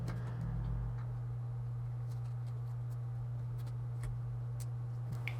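During the dry fit of a new LCD panel on a Dell Inspiron 3505, a connector or clip on the display assembly is popped back in and pressed at both corners over a steady low hum with faint ticks and handling noise. A sharp click at 5.3 s marks the connector snapping into place, confirmed seated on both corners.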